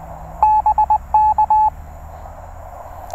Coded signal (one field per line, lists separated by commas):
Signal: Morse code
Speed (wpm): 20 wpm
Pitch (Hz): 860 Hz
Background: none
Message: BK